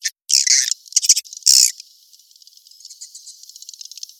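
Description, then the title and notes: Swiftlet chirps, a few loud high buzzy bursts at the start, fading into faint rapid ticking twitters. Asia; recording used in swiftlet farming to attract birds. "Swiflet Bird Sound. Farming Swiflet Bird asia sound"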